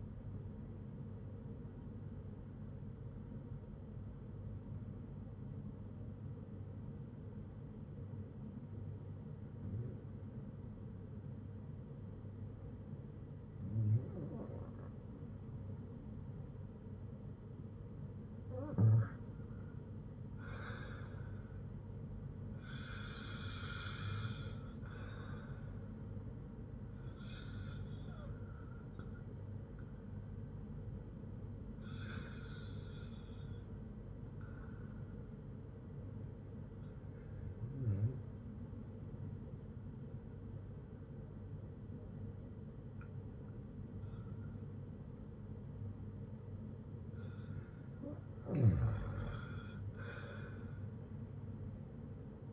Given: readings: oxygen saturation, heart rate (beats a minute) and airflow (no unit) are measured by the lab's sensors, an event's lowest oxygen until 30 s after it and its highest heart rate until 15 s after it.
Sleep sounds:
breathing in sleep by a smartphone at the bedside; 1
3.00-17.50 s: obstructive apnea (REM, oxygen 98% highest, then 93% lowest, heart rate 58 at the start, 60 highest)
From the record:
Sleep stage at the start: REM sleep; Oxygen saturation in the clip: 90 to 98%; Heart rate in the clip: 57 to 60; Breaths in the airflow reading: 9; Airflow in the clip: -9.2 to 6.8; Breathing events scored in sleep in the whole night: 182 in 7.4 hours asleep

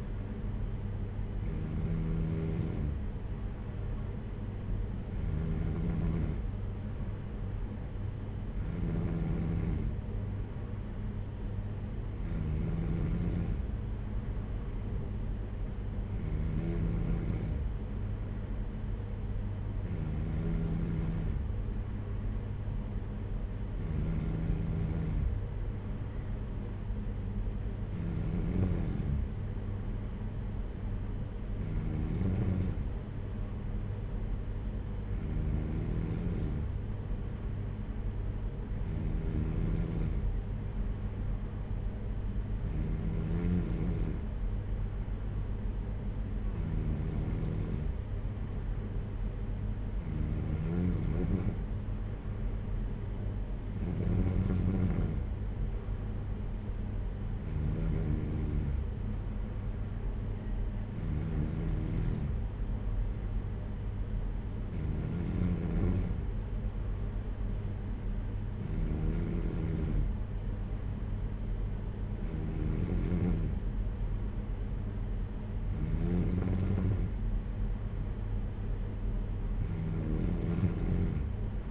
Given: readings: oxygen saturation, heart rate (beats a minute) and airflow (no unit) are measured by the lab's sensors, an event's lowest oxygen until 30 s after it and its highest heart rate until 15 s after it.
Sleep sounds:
breathing in sleep by a smartphone at the bedside; none
none scored
From the record:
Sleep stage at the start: N3 (deep sleep); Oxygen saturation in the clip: 93 to 94%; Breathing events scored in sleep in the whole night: 226 in 8.8 hours asleep

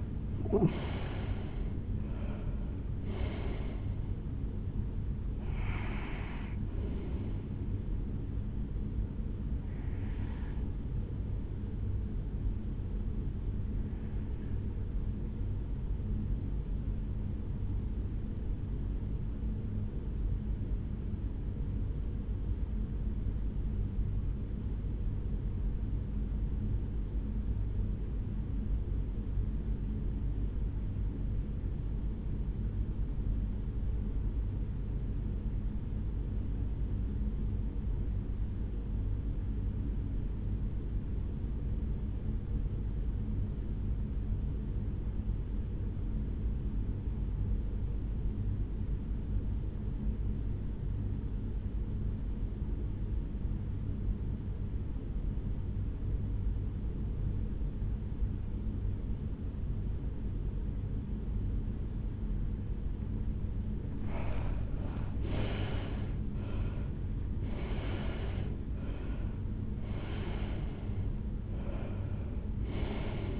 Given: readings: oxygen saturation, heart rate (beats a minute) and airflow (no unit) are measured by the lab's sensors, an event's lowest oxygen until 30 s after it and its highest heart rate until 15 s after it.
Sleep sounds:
breathing in sleep by a smartphone at the bedside; 1
20.00-63.00 s: hypopnea (N1, oxygen 96% highest, then 76% lowest, heart rate 61 at the start, 83 highest)
25.00-55.00 s: new sleep stage, REM sleep
55.00-73.40 s: new sleep stage, N1 (lightest sleep)
From the record:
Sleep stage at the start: N1 (lightest sleep); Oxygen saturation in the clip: 76 to 96%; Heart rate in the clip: 58 to 83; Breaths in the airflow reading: 9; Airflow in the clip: -12.5 to 8.9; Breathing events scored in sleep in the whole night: 449 in 7.0 hours asleep

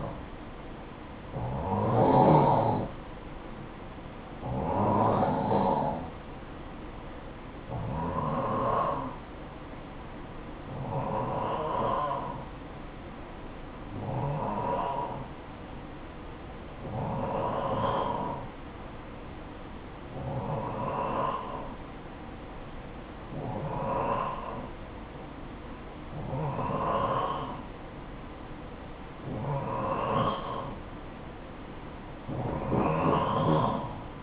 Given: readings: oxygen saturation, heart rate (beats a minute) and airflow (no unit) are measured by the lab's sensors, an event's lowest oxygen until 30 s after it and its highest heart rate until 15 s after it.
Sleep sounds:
breathing in sleep by a voice recorder at the bedside; none
30.00-34.23 s: new sleep stage, N2 (light sleep)
From the record:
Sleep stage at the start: N1 (lightest sleep); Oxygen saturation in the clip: 89 to 93%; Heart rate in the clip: 55 to 62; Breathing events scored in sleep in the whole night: 573 in 9.8 hours asleep

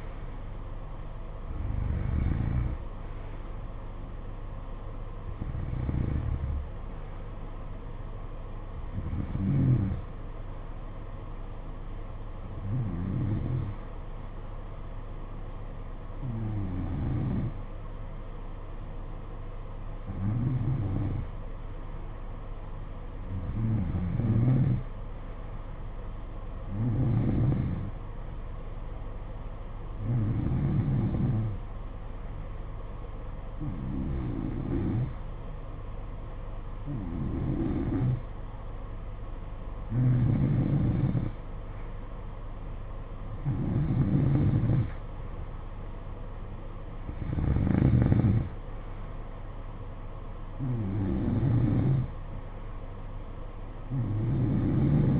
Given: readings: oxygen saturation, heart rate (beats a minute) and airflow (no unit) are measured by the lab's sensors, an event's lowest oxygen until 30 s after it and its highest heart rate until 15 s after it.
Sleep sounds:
breathing in sleep by a smartphone at the bedside; 1
15.00-39.80 s: hypopnea (N1, oxygen 94% highest, then 90% lowest, heart rate 53 at the start, 60 highest)
16.00-55.20 s: new sleep stage, N2 (light sleep)
From the record:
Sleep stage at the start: N1 (lightest sleep); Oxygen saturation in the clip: 88 to 94%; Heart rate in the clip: 53 to 63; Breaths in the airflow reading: 15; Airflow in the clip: -10.3 to 8.4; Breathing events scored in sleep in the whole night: 476 in 9.7 hours asleep

